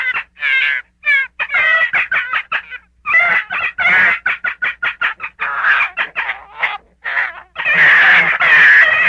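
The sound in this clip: Gray fox calls: quick choppy yelps and chatters, then longer rasping whines, ending in a louder, noisier, harsher squall.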